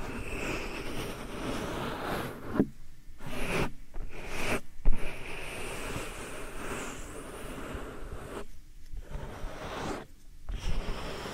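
Soft powder ear massage: continuous rubbing and brushing strokes with a dense, airy, swishing texture. The motion breaks off in brief pauses near 3, 4, 5, 8.5 and 10 seconds, and a few sharper taps land around 2.5 and 5 seconds.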